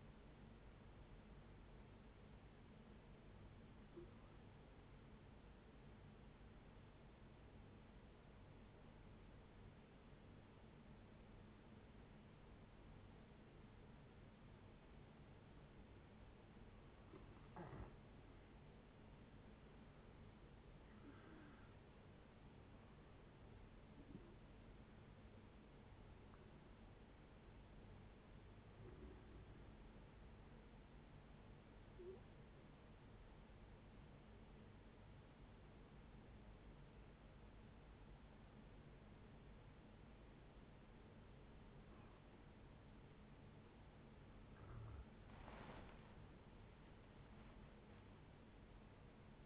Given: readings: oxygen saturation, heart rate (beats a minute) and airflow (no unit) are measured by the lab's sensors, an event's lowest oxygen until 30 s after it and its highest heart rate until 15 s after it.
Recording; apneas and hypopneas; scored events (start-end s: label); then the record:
breathing in sleep by a voice recorder at the bedside; 2
3.00-19.90 s: hypopnea (N1, oxygen 95% highest, then 89% lowest, heart rate 74 at the start, 74 highest)
30.00-44.30 s: hypopnea (N1, oxygen 95% highest, then 91% lowest, heart rate 71 at the start, 77 highest)
From the record:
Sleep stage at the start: N1 (lightest sleep); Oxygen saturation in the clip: 89 to 95%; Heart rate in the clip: 61 to 75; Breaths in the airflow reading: 8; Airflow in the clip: -10.4 to 14.5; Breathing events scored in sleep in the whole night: 496 in 5.4 hours asleep